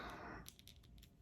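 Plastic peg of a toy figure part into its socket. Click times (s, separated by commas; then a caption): 0.5 s. A plastic peg on a build-a-figure action figure part is pushed into its hole until it locks in. A broadband rustle fills the first 0.4 seconds, then a sharp click at 0.5 s is followed by a quick burst of smaller clicks. The peg is seated and locked into place.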